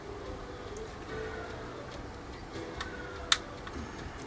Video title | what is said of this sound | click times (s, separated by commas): Building the Academy ROKAF F-15 1/72 scale kit. Part 2 | You hear that snap as that clicked into place? | 3.3 s